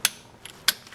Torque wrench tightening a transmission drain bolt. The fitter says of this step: So, 26 ft-lbs. Do it till I hear a click.